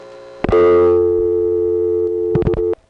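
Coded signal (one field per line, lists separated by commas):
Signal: telephone call progress tone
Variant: North America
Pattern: dial tone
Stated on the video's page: Narrated phone tape of New York City routings.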